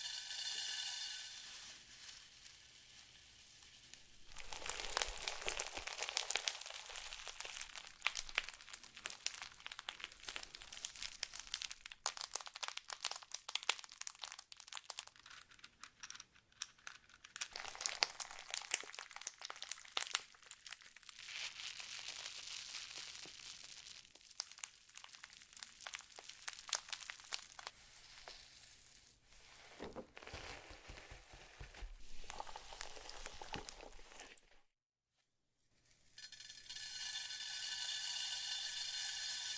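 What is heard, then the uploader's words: Slime is squished and worked, giving dense crackling, crinkling and popping sounds that come in bursts and keep shifting in intensity. A steady low hum runs underneath, and everything drops out briefly near the 35-second mark before a bright hiss returns. Satisfying ASMR Slime To Cause Your Tingles ~No Talking.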